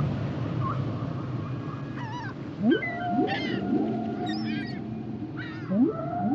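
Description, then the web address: Whale song: rising swoops flowing into long steady tones, mixed with brief higher wavering squeals and chirps over constant low noise. "Whale Songs Whales and Dolphins - whale nature sounds songs"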